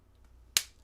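A fountain pen cap is pressed onto the pen barrel and gives one sharp snap at 0.6 s, showing the cap has seated shut. Before and after the snap there is only a faint low background hum.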